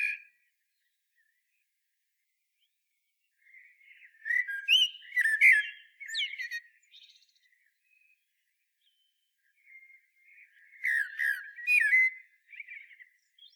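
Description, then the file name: Common blackbird song in two separate bursts about six seconds apart, each a low warbled phrase ending in high, squeaky chatter, with silence between them. "Turdus merula"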